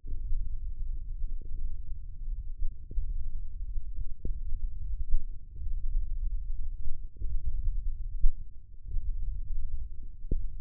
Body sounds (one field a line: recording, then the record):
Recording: forearm muscle sounds (acoustic myography)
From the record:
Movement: tripod grip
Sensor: system 1, eight BSWA MPA416 microphones around the upper forearm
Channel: 6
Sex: male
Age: 20 years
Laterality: left